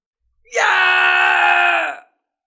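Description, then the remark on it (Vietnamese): In an audiobook narration, the character Xích Mông Hoàng, badly wounded, lets out a single sustained, agonized scream lasting about a second and a half, loud and strained, holding steady before cutting off abruptly. “Xích Mông Hoàng hét thảm, hiển nhiên đã bị thương nặng.”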